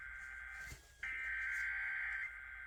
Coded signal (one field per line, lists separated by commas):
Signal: Emergency Alert System (SAME) tones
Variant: header bursts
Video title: Massive Radio Explosion... EAS Tests of 9/4-6/23 (New EAS 141-146)